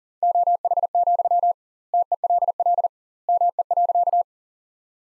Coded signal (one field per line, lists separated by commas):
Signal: Morse code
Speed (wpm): 37 wpm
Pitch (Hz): 700 Hz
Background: none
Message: OH, TELL ME.